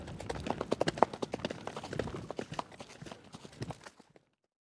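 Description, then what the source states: Horse galloping, hoofbeats thudding in quick uneven groups, softening and stopping after about four seconds. Steady gallop on grass.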